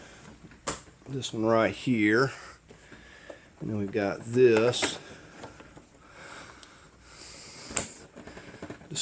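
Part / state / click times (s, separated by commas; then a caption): plastic line connector on fuel pump module fitting / seated / 7.8 s. A plastic line connector is pressed back onto its fitting on the fuel pump module while reassembling a Chevrolet Cruze fuel pump replacement. Someone talks, then a sharp click is heard at 7.8 s as the connector snaps back on and seats.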